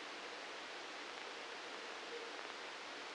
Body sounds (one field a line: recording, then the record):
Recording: brain microelectrode recording played as sound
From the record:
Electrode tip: outside the subthalamic nucleus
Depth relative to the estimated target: -3 mm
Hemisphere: right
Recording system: NeuroSet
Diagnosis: Parkinson's disease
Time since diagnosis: 9 years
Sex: male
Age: 61 years